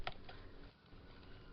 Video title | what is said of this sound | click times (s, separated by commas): A Host of Ghosts | You just put it inside and make sure that all the top clips down and it locks in place, | 0.1 s